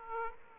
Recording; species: mosquito wingbeat signal from an infrared sensor; Aedes aegypti